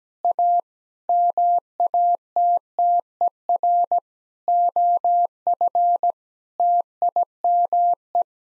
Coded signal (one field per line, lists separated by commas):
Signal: Morse code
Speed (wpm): 17 wpm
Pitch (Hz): 700 Hz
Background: none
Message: A MATTER OF TIME